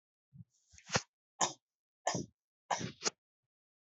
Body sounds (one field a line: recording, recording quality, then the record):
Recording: shallow voluntary cough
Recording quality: moderate, slight background noise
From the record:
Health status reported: healthy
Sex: male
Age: 23 years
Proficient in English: yes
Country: India